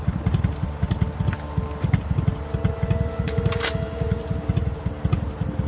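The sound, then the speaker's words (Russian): A motorcycle that has just pulled up in a yard idles steadily, its low, rapid pulsing chugging on without pause, with faint higher clicks and a brief hiss riding over the throb. “Секунд 20 назад подъехал мотоцикл.”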